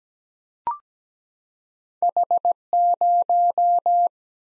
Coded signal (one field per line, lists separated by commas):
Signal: Morse code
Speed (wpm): 17 wpm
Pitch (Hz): 700 Hz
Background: none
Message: H0